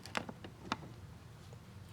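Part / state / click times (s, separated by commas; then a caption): retaining snap ring into the groove of a ball joint in a steel lower control arm / seated / 0.7 s. A retaining snap ring (circlip) is pushed over a new pressed-in ball joint on the steel lower control arm of a 2013–2019 Nissan Sentra. A few light ticks and clicks, one of them fairly sharp at 0.2 s, lead up to a crisp snap at 0.7 s as the ring seats into its groove. Quiet low background noise follows.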